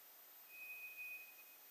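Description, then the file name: White's thrush: one sustained, pure, high whistle lasting about a second, flat in pitch, with light hiss around it. Recorded 2 July 2007. "toratugumi-20070702"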